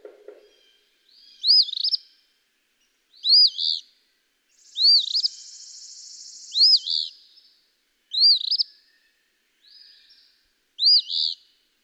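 Eastern phoebe delivering its burry fee-bee song about seven times, with a long buzzing drone midway and a brief low sound at the start.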